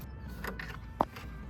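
A Sylvania D1S HID xenon bulb is inserted at an angle into the headlight housing of an LCI BMW E92 335i and turned so it twist-locks. Faint scraping ticks around 0.5–0.8 s lead into one sharp, bright click at 1.0 s, the loudest sound in the clip. The bulb is seated and locked firmly in place.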